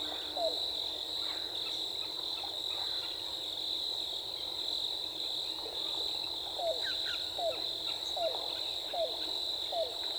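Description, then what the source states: Yellow-billed cuckoo call: a lone hollow note, then after a pause a run of five or six short downslurred notes about one per second, over a steady high insect drone. Recorded 14 April 2018.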